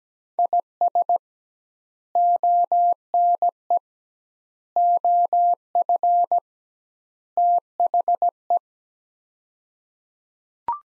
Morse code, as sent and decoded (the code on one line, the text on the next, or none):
.. ... / --- -. . / --- ..-. / - .... .
IS ONE OF THE